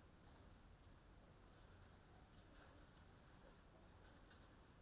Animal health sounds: poultry house recording; no chicken sound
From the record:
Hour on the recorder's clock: 21

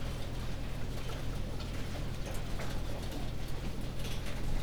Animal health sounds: poultry house recording; healthy chickens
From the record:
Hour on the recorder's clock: 20

